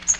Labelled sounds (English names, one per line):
Magnolia Warbler flight call